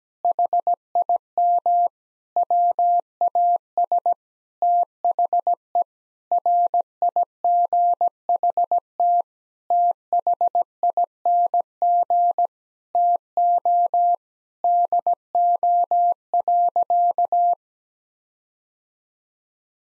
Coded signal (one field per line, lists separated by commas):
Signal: Morse code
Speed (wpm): 17 wpm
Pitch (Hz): 700 Hz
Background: none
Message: HIM WAS THE RIGHT THING TO DO.